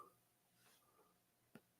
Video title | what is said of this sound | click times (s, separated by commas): Next Moves for TriZero... and DWIT 3D | that one clicked | 1.5 s